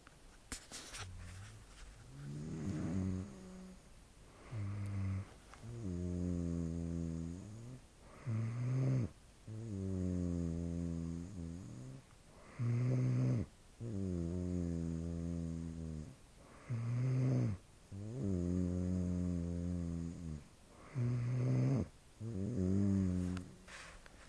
Snoring.